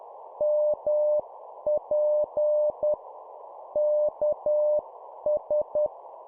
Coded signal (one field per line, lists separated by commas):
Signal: Morse code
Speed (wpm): 10 wpm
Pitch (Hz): 600 Hz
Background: none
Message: MP KS